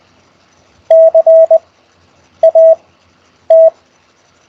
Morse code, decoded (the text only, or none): CAT